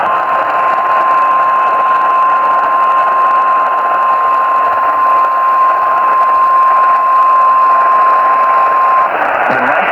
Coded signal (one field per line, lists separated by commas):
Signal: Emergency Alert System (SAME) tones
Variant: 1050 Hz attention tone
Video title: Severe Weather Alerts in Nashville EAS Alerts from (#516-520)